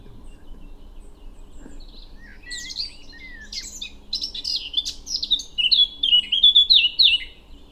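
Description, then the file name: Eurasian blackcap song opening with quiet, rapid chattering, then building into several bright fluty whistles near the close. "Sylvia atricapilla"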